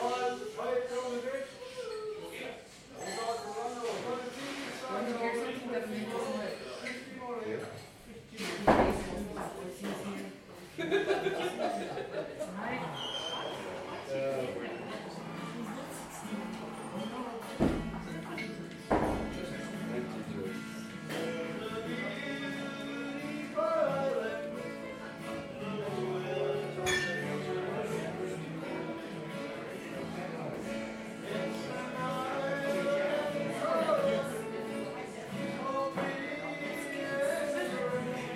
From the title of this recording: Irish Sing Along at Tigh Ruairi, Inis Oirr, Ireland